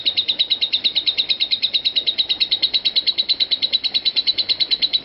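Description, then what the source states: Lovebird uttering a brisk, metronome-like series of squeaky high chirps without any gap. Call style named konslet.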